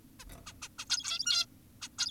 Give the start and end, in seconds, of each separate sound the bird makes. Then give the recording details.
0.20-0.24, 0.47-0.54, 0.62-0.68, 0.79-0.86, 0.90-1.46, 1.82-1.89. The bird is an adult. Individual g17y2U